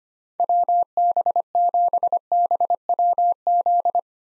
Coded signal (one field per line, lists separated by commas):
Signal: Morse code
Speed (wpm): 25 wpm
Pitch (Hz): 700 Hz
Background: none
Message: WB7BWZ